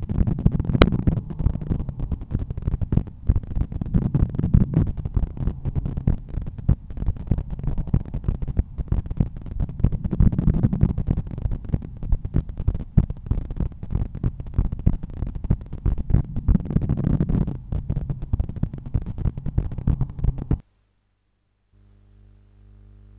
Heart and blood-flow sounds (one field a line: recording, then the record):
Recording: heart sounds by stethoscope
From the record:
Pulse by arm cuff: 96 bpm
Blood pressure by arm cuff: 136/87 mmHg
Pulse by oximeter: 96 bpm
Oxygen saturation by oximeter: 98%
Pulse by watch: 103 bpm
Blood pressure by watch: 130/84 mmHg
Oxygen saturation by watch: 96%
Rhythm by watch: sinus rhythm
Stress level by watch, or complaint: low stress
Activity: after 5 min smoking and coffee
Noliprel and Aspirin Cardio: before pills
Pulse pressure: 49 mmHg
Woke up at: 7:20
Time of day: 8:20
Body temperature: 36.5 C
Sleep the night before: 7 h 55 min, score 79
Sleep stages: REM 22%, light 61%, deep 7%, awake 10%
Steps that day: 8800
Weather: sunny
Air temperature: 14.5 C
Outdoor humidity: 89%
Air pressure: 1014 hPa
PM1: 4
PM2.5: 7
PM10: 8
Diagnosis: hypertension, treated with Noliprel and Aspirin Cardio 100 mg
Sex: male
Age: 53 years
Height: 174 cm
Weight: 81 kg